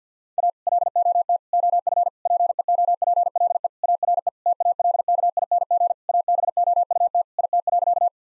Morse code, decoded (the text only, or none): A LOT OF PEOPLE ARE TALKING ABOUT IT.